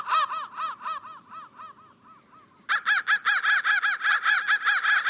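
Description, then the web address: Rapid crow caws, arched and harmonic, dwindling into a brief gap, then resuming strongly as a dense run of calls. "soundfactory crow 1"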